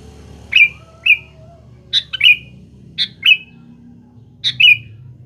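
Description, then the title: Sooty-headed bulbul song: brisk clear chirping phrases, often paired, repeated about every second or so against a faint low rumble. "Kutilang"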